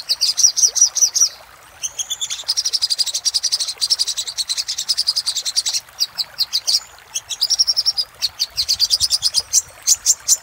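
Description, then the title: Little spiderhunter song: long, fast trills of very high, thin notes broken by brief gaps, then separate sharp chips repeated quickly toward the close. Master recording made for training cage birds, labelled 'Labaik'. "Masteran Burung Sogok Ontong Labaik"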